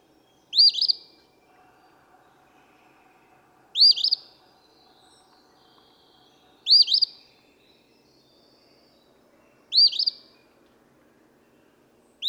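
Eastern phoebe repeating its rough two-part phrase several times, about every three seconds: a sharp upslurred chip then a buzzy stutter, with low background rumble.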